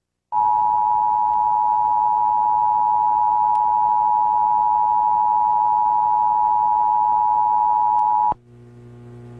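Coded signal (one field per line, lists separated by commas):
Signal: Emergency Alert System (SAME) tones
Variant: 853 and 960 Hz attention tone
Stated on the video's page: Fox affiliate TV station relaying a Coffee County severe thunderstorm warning via weather radio station WXM57.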